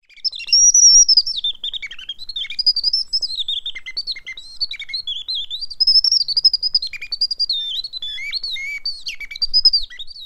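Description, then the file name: Japanese white-eye song, a rapid high twittering warble of thin, slurred notes rising and falling, almost without pause. "mejiro"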